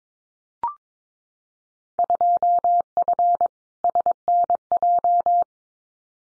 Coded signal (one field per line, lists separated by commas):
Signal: Morse code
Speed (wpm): 22 wpm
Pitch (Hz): 700 Hz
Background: none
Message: 2F SNJ